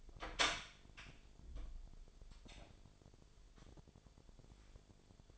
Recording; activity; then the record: daily activity, microphone in the room; open door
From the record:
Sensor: 5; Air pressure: 1007.6 hPa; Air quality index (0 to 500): 153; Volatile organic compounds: 3 ppm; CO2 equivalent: 1468 ppm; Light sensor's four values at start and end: 58/163/63/63 and 57/161/63/63